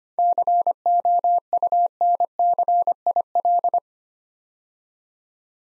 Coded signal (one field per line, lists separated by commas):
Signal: Morse code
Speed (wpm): 25 wpm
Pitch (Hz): 700 Hz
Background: none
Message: COUNCIL